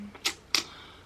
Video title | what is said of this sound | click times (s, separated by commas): Once Upon a Book Club Subscription Box UNBOXING This book will make a great fall read! - Book Box | it pops. Oh my. | 0.6 s